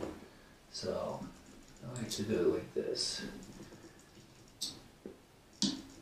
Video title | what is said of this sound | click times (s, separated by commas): Mac Pro A1481 Central Processing Unit CPU Upgrade | and you heard that little click click | 4.6 s, 5.6 s